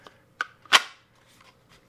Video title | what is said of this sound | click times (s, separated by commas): We The People Holster, Unboxing | i like these ones better they click into place | 0.4 s, 0.8 s